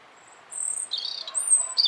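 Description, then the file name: European robin song of very high, drawn-out whistles alternating with lower, rippling warbled notes in a continuous flow. "Erithacus rubecula"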